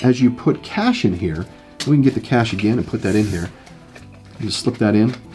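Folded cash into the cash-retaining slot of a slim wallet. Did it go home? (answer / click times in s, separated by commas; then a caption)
no / none. Folded cash is slipped into the cash-retaining slot of a slim band-style wallet, meant to lock the bills in place. Someone talks over background music while handling the cash, and a brief faint sound occurs around 4.0 s. The cash has not seated or clicked into place yet.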